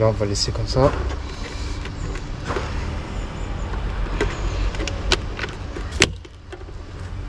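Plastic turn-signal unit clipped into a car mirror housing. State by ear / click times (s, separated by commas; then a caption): released / 5.1 s, 6.0 s. A plastic turn-signal unit is pried out of the mirror housing of a Range Rover Evoque while someone talks. Two sharp clicks are heard at 5.1 s and 6.0 s as the clips let go. The unit is released and can then be taken out gently by hand so its plastic legs don't break.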